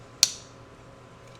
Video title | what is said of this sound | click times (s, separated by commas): Barnett Demun TriStrike. Unboxing, Assembly and Testing of the Mini Crossbow | and it pretty much clicks into place | 0.2 s